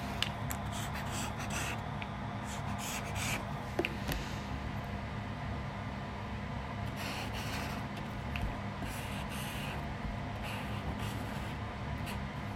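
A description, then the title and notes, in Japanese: Someone is drawing, with a pen or pencil scratching in short, uneven strokes through the whole clip, busier in the first few seconds and again around seven to eight seconds. A steady low hum runs throughout, with a couple of faint taps. 生活音 27分 お絵描き。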